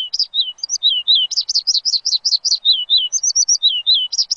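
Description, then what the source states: Bird song, a brisk sequence of high chirping whistles, some paired and falling, delivered several times a second. Bird chirping used to train pet birds.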